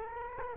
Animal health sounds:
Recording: mosquito wingbeat signal from an infrared sensor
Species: Culex quinquefasciatus

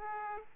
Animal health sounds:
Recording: mosquito wingbeat signal from an infrared sensor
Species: Aedes aegypti

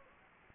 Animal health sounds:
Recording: mosquito wingbeat signal from an infrared sensor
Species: Anopheles gambiae

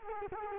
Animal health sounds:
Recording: mosquito wingbeat signal from an infrared sensor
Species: Culex quinquefasciatus

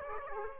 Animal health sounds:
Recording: mosquito wingbeat signal from an infrared sensor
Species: Aedes aegypti

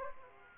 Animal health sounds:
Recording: mosquito wingbeat signal from an infrared sensor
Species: Aedes aegypti

